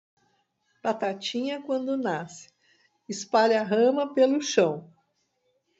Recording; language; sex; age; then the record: short text; Brazilian Portuguese; female; 60 to 69 years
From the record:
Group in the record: control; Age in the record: 65 years